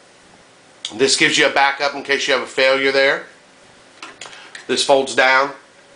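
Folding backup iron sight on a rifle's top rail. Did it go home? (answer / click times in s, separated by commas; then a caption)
no / none. Someone talks while handling a folding backup iron sight on the flat-top rail of a Colt AR15 M4 rifle, with a few faint handling ticks around 4.0, 4.2 and 4.6 seconds. The sight is being folded down, but it has not locked into place yet, and nothing has seated or clicked by the end of the clip.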